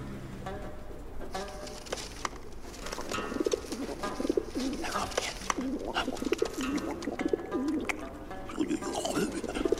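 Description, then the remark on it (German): A flock of pigeons on a balcony coos in low, overlapping burbles while wings flap in repeated bursts of fluttering, a busy, continuous mix at steady moderate loudness, as more pigeons fly in to food being put out for them. “Ich erhöhe das Angebot. Sofort kommen mehr Tauben angeflogen.”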